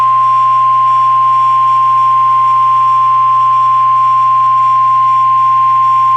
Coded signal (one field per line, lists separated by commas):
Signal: Emergency Alert System (SAME) tones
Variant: 1050 Hz attention tone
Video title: Severe Thunderstorm Warning EAS For Hartford and Tolland, CT |March 7, 2022